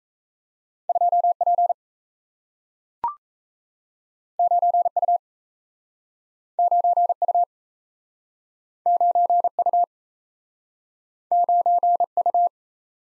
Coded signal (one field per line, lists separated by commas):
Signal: Morse code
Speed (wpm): 37 wpm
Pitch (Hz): 700 Hz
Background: none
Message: 2P 9U 9U 9U 9U